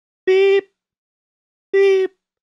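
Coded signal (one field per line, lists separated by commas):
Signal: none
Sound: plain repeated loud beeps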